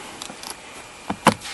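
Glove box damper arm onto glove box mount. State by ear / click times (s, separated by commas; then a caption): seated / 1.3 s. A small glove box shock absorber (damper) arm on a 2006-2012 Hyundai Santa Fe is pushed back onto its glove box mount. A few faint ticks and a softer knock at about 1.1 s come before a sharp snap at 1.3 s as the damper seats in place.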